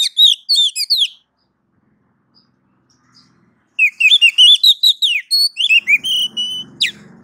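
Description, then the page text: Oriental magpie-robin in two bursts of lively chirping whistles separated by a quiet gap. A soft low rumble sits under the last notes. Female calling a male; masteran tutor sound for training kept magpie-robins. "Kacer betina memanggil jantan. Suara Masteran Burung Kacer"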